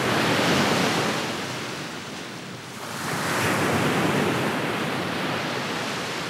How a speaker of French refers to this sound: des flots ténébreux se balançaient, montaient les uns sur les autres et détonnaient comme des canons. Une sorte de rythme faisait de ce bruit une mélodie terrible. Le rivage vibrant sous le coup de vagues répondait à la haute mer retentissante.